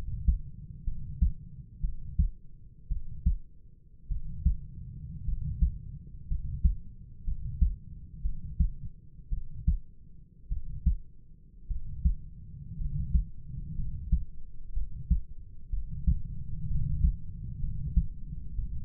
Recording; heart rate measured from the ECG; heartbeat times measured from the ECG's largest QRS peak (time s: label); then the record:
heart sounds by stethoscope; 58 bpm
0.84 s: heartbeat
1.81 s: heartbeat
2.88 s: heartbeat
4.08 s: heartbeat
5.25 s: heartbeat
6.28 s: heartbeat
7.24 s: heartbeat
8.22 s: heartbeat
9.30 s: heartbeat
10.49 s: heartbeat
11.68 s: heartbeat
12.78 s: heartbeat
13.75 s: heartbeat
14.73 s: heartbeat
15.70 s: heartbeat
16.67 s: heartbeat
17.60 s: heartbeat
18.56 s: heartbeat
From the record:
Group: healthy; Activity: rest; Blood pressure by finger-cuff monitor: 98/52 mmHg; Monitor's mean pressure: 64 mmHg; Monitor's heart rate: 61 bpm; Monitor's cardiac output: 5 L/min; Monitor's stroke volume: 86 mL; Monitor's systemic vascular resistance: 920 dyn s/cm5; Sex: male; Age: 25 years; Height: 170 cm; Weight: 70.4 kg